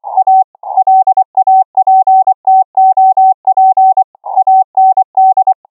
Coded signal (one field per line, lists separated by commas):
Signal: Morse code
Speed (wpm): 24 wpm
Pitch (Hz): 760 Hz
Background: none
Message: A LAPTOP AND